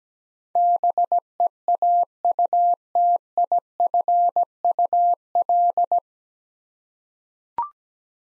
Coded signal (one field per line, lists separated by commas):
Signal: Morse code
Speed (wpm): 17 wpm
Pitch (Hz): 700 Hz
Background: none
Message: BEAUTIFUL